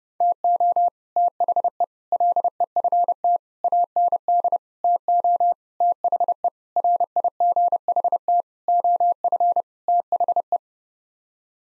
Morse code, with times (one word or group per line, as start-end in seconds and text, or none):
0.2-0.9 TO
1.2-1.8 THE
2.1-3.4 LEFT
3.6-4.6 AND
4.8-5.5 TO
5.8-6.5 THE
6.8-8.4 RIGHT
8.7-9.6 OF
9.9-10.6 THE